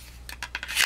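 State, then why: Not seated. A bushcraft knife is being handled into its molded plastic sheath, giving a series of short, bright scraping and rubbing sounds around 0.3, 0.43, 0.55 and 0.63 seconds that swell into a louder hiss near 0.8 seconds. Nothing has seated or clicked yet.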